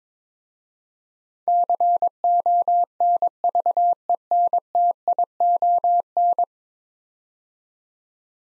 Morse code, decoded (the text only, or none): CONVENTION